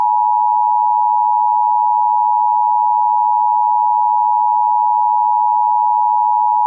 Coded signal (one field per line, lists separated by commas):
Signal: Emergency Alert System (SAME) tones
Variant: 853 and 960 Hz attention tone